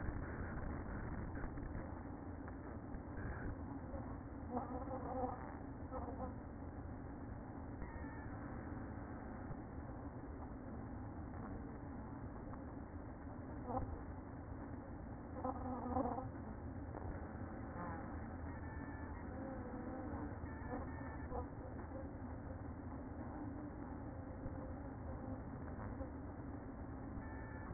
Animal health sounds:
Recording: honeybee colony, microphone inside the hive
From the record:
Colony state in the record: queen present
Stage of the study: after two queens were removed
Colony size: about 60,000 bees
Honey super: yes

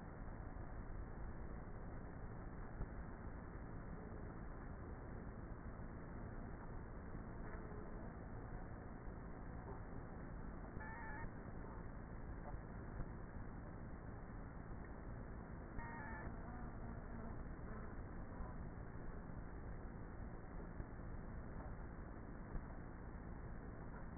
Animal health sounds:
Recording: honeybee colony, microphone inside the hive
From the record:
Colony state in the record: queenless with a low population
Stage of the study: before two queens were removed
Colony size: about 30,000 bees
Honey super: no

